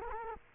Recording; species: mosquito wingbeat signal from an infrared sensor; Culex quinquefasciatus